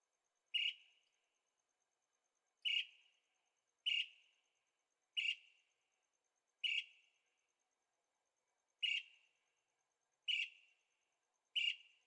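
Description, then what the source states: Bird calls: sharp chirps repeated eight times at uneven gaps of about one to two seconds, over a faint, steady, high ticking. Birds singing at night in Carefree, Arizona; recorded in stereo on a Zoom H6.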